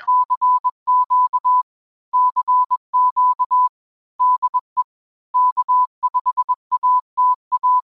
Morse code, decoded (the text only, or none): CQ CQ DE K5ATA